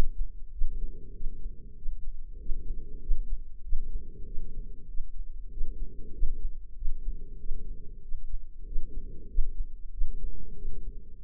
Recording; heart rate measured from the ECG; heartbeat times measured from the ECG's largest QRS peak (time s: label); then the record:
heart sounds by microphone in the left ear; 96 bpm
0.52 s: heartbeat
1.14 s: heartbeat
1.76 s: heartbeat
2.39 s: heartbeat
3.01 s: heartbeat
3.63 s: heartbeat
4.25 s: heartbeat
4.88 s: heartbeat
5.51 s: heartbeat
6.13 s: heartbeat
6.76 s: heartbeat
7.38 s: heartbeat
8.02 s: heartbeat
8.65 s: heartbeat
9.28 s: heartbeat
9.91 s: heartbeat
10.55 s: heartbeat
11.18 s: heartbeat
From the record:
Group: healthy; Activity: rest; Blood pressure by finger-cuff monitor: 129/75 mmHg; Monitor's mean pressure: 92 mmHg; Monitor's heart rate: 95 bpm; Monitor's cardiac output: 6.6 L/min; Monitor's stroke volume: 69 mL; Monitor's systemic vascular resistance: 1010 dyn s/cm5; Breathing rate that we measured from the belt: 19 breaths a minute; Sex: female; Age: 43 years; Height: 160 cm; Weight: 90 kg